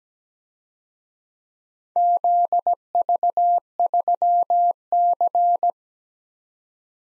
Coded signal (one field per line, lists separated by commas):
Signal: Morse code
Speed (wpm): 20 wpm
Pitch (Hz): 700 Hz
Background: none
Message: ZV3C